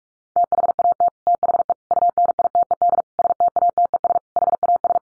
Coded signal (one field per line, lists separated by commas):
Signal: Morse code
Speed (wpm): 44 wpm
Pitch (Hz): 700 Hz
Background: none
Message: THAT THE UNITED STATES HAS